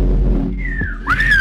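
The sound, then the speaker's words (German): Someone in a radio studio tries to whistle by mouth: a thin, wavering tone holds faintly, then swells into a louder, sliding pitch over a steady low rumble. “Oh, ich kann nicht pfeifen.”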